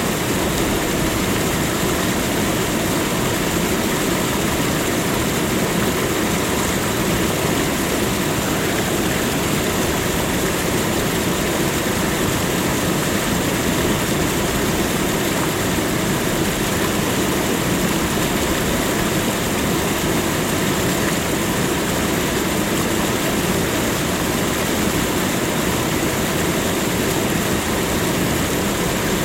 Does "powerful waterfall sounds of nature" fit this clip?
yes